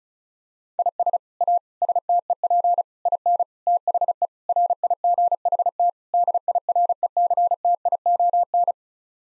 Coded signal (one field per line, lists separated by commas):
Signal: Morse code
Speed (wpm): 36 wpm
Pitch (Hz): 700 Hz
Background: none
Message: IS A STEP IN THE RIGHT DIRECTION